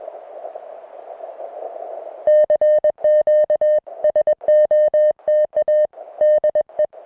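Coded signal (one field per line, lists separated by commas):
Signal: Morse code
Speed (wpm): 21 wpm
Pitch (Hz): 610 Hz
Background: music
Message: CQ SOTA DE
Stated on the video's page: Unedited CW contacts from a summit activation of two Idaho summits, usable as CW practice.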